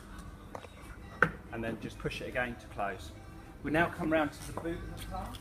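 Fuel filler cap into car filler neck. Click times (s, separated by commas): 0.6 s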